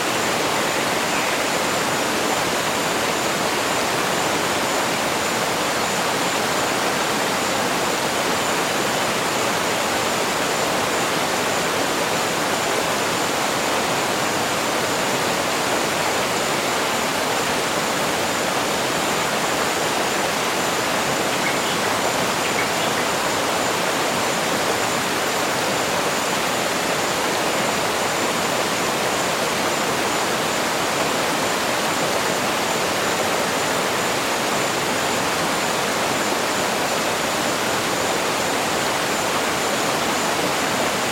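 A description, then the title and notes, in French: A rainforest waterfall cascades without pause, a dense, steady rush of water filling everything from low rumble to bright hiss. The roar holds even throughout, with no breaks or swells, and a faint thin high tone runs along above it. Chute d’eau de la forêt tropicale. L’eau en cascade de l’Amazonie. Imaginez-vous entouré par l'étreinte luxuriante de la forêt tropicale, tandis que les eaux en cascade de Cachoeira Pedra Furada créent une symphonie de sons apaisants.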